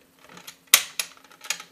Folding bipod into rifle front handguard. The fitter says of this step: And that'll lock into place, not going anywhere.